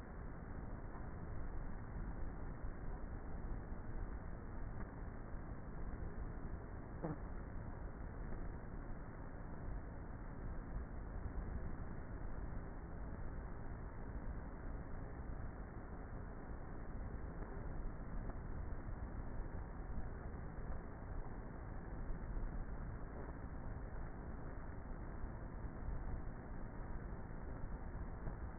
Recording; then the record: honeybee colony, microphone inside the hive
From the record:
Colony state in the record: queenless with a low population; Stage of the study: before two queens were removed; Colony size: about 30,000 bees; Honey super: no